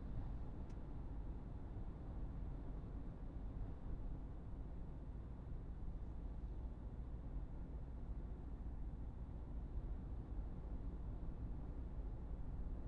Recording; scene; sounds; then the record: everyday scene through a hearing-aid microphone; in a vehicle; engine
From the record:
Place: Berlingo II, diesel engine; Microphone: behind the ear, right, front